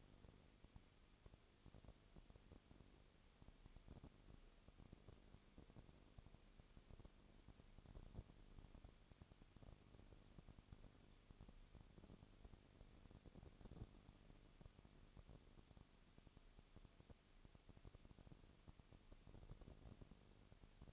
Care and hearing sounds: daily activity, microphone in the room; no activity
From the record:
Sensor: 4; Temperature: 22.3 degrees Celsius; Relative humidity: 32.8%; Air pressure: 1002.0 hPa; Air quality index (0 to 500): 185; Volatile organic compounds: 4 ppm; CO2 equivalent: 1631 ppm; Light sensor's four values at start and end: 2/3/1/1 and 2/3/1/1

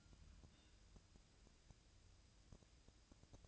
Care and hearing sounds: daily activity, microphone in the room; take from stove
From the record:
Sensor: 2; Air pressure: 999.8 hPa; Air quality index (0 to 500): 122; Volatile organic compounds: 2 ppm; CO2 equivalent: 1053 ppm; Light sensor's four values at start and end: 36/88/38/43 and 36/87/38/43

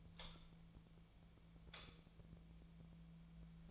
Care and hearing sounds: daily activity, microphone in the room; light on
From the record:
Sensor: 1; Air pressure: 1009.9 hPa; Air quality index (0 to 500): 188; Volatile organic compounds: 17 ppm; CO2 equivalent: 2580 ppm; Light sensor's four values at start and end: 37/95/40/48 and 45/125/52/60

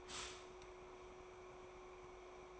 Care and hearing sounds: daily activity, microphone in the room; stop toaster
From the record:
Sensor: 1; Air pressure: 1014.7 hPa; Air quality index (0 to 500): 203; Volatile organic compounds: 36 ppm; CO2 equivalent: 3070 ppm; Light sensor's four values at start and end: 3/8/3/3 and 3/8/3/3

